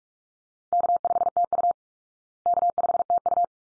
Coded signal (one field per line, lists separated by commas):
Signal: Morse code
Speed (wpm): 44 wpm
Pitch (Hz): 700 Hz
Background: none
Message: K5TU K5TU